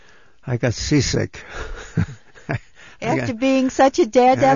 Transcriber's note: he laughs